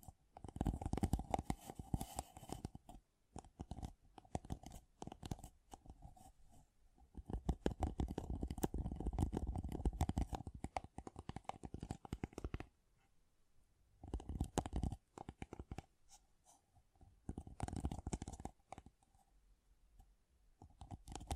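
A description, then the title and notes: Rapid tapping in dense, irregular bursts, with a steady low-mid ring under the clustered strikes. Taps run almost continuously through the first twelve seconds, then pause briefly near 13 seconds before resuming in shorter clusters with gaps until the end. ASMR Great Tapping Sounds for Sleep (No Talking).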